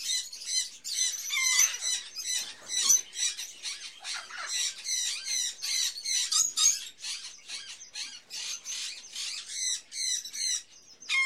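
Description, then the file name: Many small birds twittering together, fast high chirps and squeaks running on almost without pause, a busy crowded chorus. Various birds in a pet shop, ambience. "Sound Ideas 2000 Series - Birds, Various Birds In A Pet Shop, Ambience"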